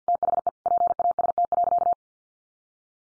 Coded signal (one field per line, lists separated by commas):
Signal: Morse code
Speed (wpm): 50 wpm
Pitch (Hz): 700 Hz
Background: none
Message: THE PAST.